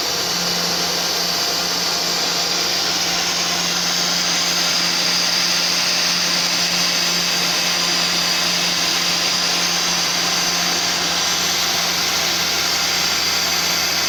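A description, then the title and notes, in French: A front panel for an electrical box being cut, a steady bright whine of a power tool with a low hum, unchanging throughout. CNC Elephant ELE2030ATC. Découpe d'un panneau frontal pour tableau électrique.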